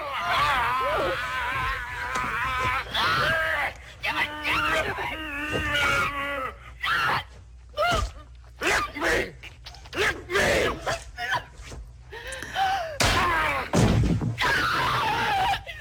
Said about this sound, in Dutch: Ja, veel gegil en natuurlijk die beroemde scène van dat hoofd dat 360 graden ronddraait.